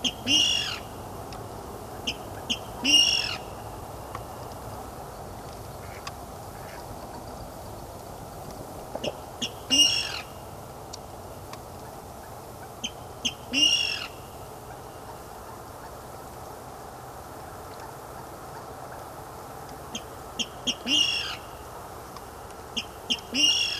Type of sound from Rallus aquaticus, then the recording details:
courtship call. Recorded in the wild. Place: Auweiher Wört, Baden-Württemberg, DE. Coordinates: 49.0392, 10.2475. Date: 1966-05-02. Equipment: Uher Report 4000, AKG D190. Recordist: Krey, Winfried. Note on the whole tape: Balzrufe